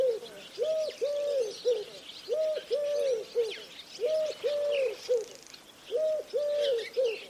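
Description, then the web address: Bird uttering soft, hollow coos in groups of three, two longer notes then a short one, with faint higher chirps behind. "Bird Only"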